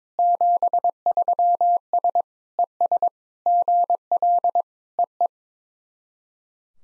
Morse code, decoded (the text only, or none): 73S ES GL EE